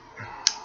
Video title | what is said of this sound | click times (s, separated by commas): Ganzo 710 | with your thumb and let the block lock pop into place it always locks up properly | 0.5 s